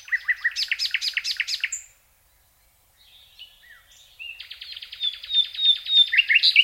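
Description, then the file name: Common nightingale song with a fast rattling series of chirps, a silent gap, soft whistled notes, then a long rapid trill rising in volume. "Luscinia megarhynchos"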